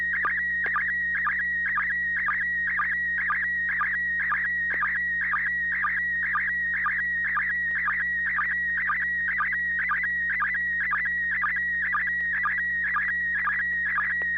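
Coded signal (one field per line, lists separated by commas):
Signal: SSTV (slow-scan television)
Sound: steady warbling tone around 1.9 kHz with regular short low blips twice a second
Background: low hum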